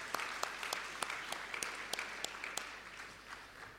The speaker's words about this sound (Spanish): Vamos a darles un aplauso, dense un aplauso entre ustedes. Muy bien, muy bien.